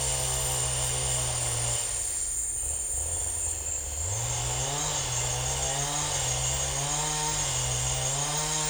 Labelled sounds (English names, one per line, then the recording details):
none
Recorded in secondary vegetation near Puerto Asís, Putumayo, Colombia, on 26 December 2024 at 16:00
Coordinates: 0.484, -76.319
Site GP06